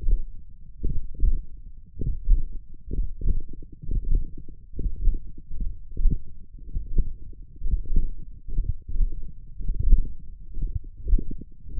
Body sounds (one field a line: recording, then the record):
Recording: forearm muscle sounds (acoustic myography)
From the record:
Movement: hook grip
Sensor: system 1, eight BSWA MPA416 microphones around the upper forearm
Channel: 6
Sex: male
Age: 42 years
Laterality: right